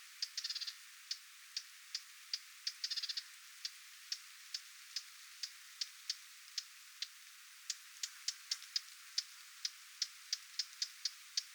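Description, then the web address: Lesser whitethroat giving crisp clicks in a steady rhythm, opening with two quick rattling bursts, then speeding slightly toward the end. Parent bird giving attention calls near its fledglings, 20 July 2026. "paivat 20 7 2026 hernekerttulintuemon huomioaantelya lentopoikastensa lahella"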